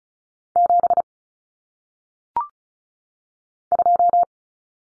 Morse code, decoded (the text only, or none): 7 2